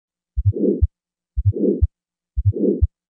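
Severe aortic stenosis in an adult heart heard by stethoscope: a crescendo-decrescendo systolic murmur between the first and second heart sounds, with a regular rhythm at about 60 beats per minute.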